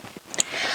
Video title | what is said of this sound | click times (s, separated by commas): HOW TO SEW A T-SHIRT WITH SERGER | press down until it snaps into place and then you're ready okay | 0.3 s, 0.4 s